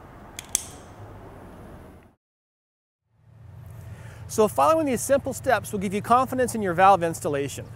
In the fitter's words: And then firmly close the top you'll feel it click shut and you'll know you have it fully closed and sealed